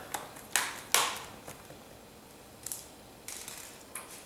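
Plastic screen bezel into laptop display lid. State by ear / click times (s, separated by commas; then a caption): seated / 0.6 s, 0.9 s. The plastic screen bezel of an Acer Aspire 7750G-6645 laptop is pressed down onto the display lid with the back of the fingernails, working across and up the sides. Sharp plastic clicks ring out at 0.6 s and 0.9 s as the clips engage, with fainter ticks before and after. The bezel snaps into place and is seated.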